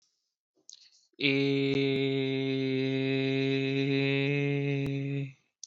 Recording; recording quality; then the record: sustained vowel as in made; excellent, no background noise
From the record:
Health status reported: COVID-19 positive, mild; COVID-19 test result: positive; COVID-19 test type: RT-PCR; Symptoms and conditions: cough, cold, fever, fatigue, muscle pain, loss of smell and taste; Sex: male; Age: 27 years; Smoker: no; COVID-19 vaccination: both doses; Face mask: not worn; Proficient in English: yes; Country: India